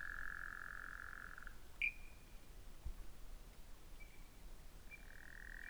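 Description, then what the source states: Frog calls: a long steady buzzing trill held for over a second, brief high pips, then the trill returning near the end over a quiet background. Recorded 11 February 2017.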